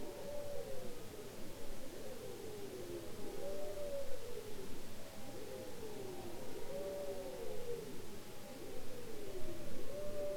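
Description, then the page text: Bowhead whale calls, low arched moaning notes overlapping in repeated waves, with continuous low background rumble. Bowhead whales described as copycats, imitating sounds heard in their environment. "Bowhead whales ( Balaena mysticetus ) are copycats, imitating sounds heard in their environment. Polar Research"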